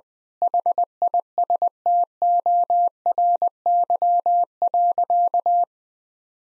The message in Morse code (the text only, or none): HISTORY.